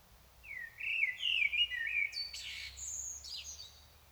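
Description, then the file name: Common blackbird song: a rising, fluty warbled phrase, then a high, strained squeak and thin twitter, over faint low rumble. "Turdus merula"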